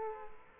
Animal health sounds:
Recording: mosquito wingbeat signal from an infrared sensor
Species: Culex quinquefasciatus

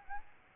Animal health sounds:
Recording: mosquito wingbeat signal from an infrared sensor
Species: Aedes albopictus

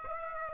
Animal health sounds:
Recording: mosquito wingbeat signal from an infrared sensor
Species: Aedes aegypti

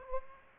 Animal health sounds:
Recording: mosquito wingbeat signal from an infrared sensor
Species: Aedes aegypti

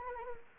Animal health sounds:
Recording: mosquito wingbeat signal from an infrared sensor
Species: Anopheles arabiensis

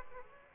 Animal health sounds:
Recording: mosquito wingbeat signal from an infrared sensor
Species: Aedes aegypti

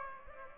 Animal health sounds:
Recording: mosquito wingbeat signal from an infrared sensor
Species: Aedes aegypti

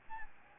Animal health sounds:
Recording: mosquito wingbeat signal from an infrared sensor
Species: Aedes albopictus

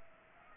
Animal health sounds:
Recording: mosquito wingbeat signal from an infrared sensor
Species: Aedes aegypti

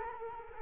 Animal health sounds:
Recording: mosquito wingbeat signal from an infrared sensor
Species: Culex quinquefasciatus

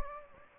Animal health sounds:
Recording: mosquito wingbeat signal from an infrared sensor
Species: Anopheles gambiae

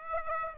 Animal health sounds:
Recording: mosquito wingbeat signal from an infrared sensor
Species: Aedes aegypti

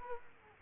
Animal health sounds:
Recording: mosquito wingbeat signal from an infrared sensor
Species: Culex quinquefasciatus

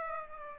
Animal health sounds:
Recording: mosquito wingbeat signal from an infrared sensor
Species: Aedes aegypti

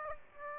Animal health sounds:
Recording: mosquito wingbeat signal from an infrared sensor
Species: Aedes aegypti

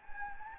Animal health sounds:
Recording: mosquito wingbeat signal from an infrared sensor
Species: Anopheles gambiae

